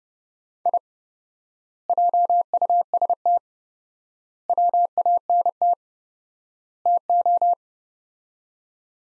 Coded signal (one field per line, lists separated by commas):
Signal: Morse code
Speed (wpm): 28 wpm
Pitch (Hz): 700 Hz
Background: none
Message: I JUST WANT TO